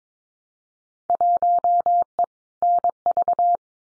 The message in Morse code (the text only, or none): 1E NV